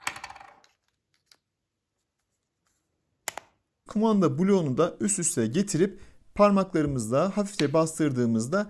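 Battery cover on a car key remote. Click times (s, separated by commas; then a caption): 3.3 s. After a new coin cell goes into a Mazda car key remote, its sealed plastic battery cover is closed and pressed down onto the fob, with faint light taps at the start. A sharp click at 3.3 s marks the cover seating shut, and then someone talks.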